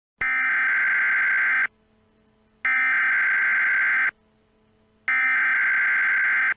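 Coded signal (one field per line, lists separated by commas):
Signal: Emergency Alert System (SAME) tones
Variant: header bursts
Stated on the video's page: Simulated EAS scenario; most tones are invalid.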